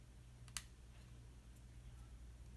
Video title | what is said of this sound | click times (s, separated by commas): iPhone 5S screen replacement - Start to finish | Okay, that's in. I heard it click. | 0.6 s